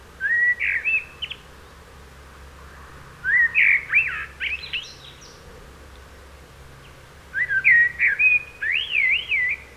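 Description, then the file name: Eurasian blackbird delivering loud, rich whistled phrases with wavering notes and scratchy high codas, three bursts with pauses between, low hum underneath. "Turdus merula"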